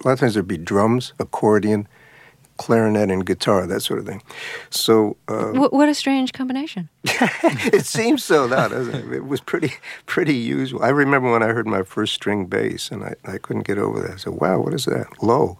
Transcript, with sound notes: and a lot of times there'd be drums, accordion, clarinet, and guitar, that sort of thing. So...
What a strange combination.
(laughs) It seems so now, doesn't it? It was pretty usual. I remember when I heard my first string bass, and I couldn't get over that. I said, Wow, what is that?